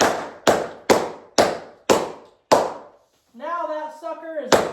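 A floor plank is struck with a rubber mallet to drive its joint into the adjoining plank, giving sharp, decaying taps at about 0.0, 0.5, 0.9, 1.4, 1.9 and 2.5 seconds. After a short silence someone talks, and another tap lands near 4.6 seconds. The plank is still being handled, and nothing has seated or locked yet.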